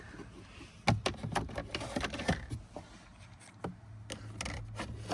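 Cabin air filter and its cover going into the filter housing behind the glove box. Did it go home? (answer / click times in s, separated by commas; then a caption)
no / none. A cabin air filter and its cover are handled at the filter housing behind the glove box of a 2009 Lexus RX350. Sharp plastic knocks and brief scrapes come in a burst from about 0.9 to 2.3 s, then softer handling noises follow. Nothing has seated or clicked yet.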